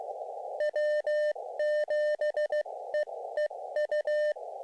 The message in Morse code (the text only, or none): W7EEU